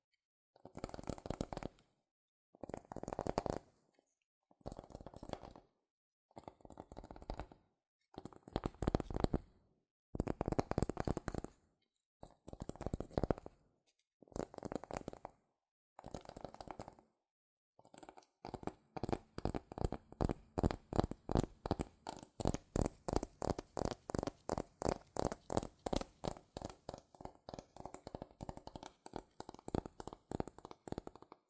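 Fingers tap and scratch on cardboard and paper. The first half brings short bursts of rapid scratching, each about a second long, separated by brief silences. After about eighteen seconds it turns into quick, steady, regular tapping that runs without pause to the end.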